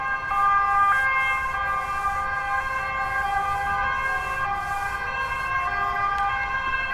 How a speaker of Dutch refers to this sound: Dit hoor je hier wel dag en nacht natuurlijk. Ja, ze hebben veel hulpdiensten. Dus, die hoor je beter als de treinen. Ja, die AMC wel. AMC zit daar.